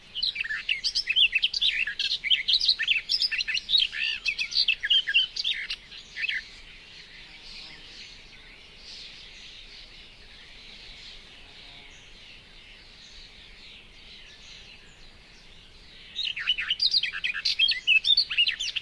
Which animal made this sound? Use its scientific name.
Sylvia nisoria